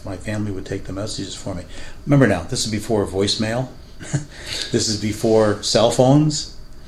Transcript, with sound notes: My family would take the messages for me. Remember now, this was before voicemail, [laughing] this is before cell phones,